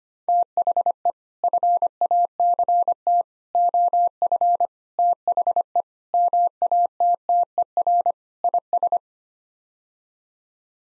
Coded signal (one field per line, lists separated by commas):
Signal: Morse code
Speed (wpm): 25 wpm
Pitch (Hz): 700 Hz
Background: none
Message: THE FACT OF THE MATTER IS